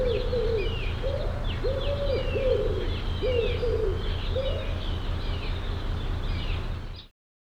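Bird calls: a few low, arched cooing notes, then they stop, over high thin chirps from other birds and a steady low hum.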